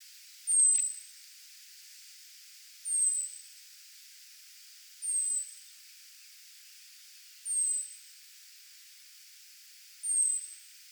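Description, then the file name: European robin calls: a very high, thin, slightly descending 'tseee' note, given five times at steady intervals over faint hiss. "Erithacus rubecula"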